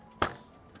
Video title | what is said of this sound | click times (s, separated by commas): NZXT H7 RTX 4080 + 13900K @AshIV_ Partner PC BUILD! | There it is. We heard the thunk, right? A little click. | 0.2 s